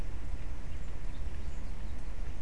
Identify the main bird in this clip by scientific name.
Fringilla coelebs